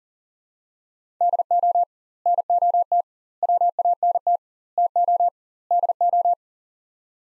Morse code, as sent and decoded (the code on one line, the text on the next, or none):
-.. --- / -. --- - / .-- .- -. - / - --- / -.. ---
DO NOT WANT TO DO